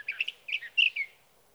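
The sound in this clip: Sage thrasher warbled phrase, several short burry notes and a bright slurred whistle within a second, faint hiss beneath.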